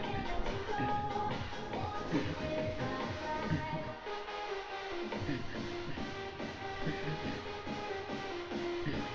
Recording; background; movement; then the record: throat clearing; music; sitting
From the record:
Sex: male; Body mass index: 23.7 kg/m2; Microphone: on the chest, facing outward